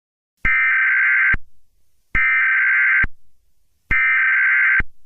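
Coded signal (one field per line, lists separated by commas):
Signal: Emergency Alert System (SAME) tones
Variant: header bursts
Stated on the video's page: Fictional EAS scenario.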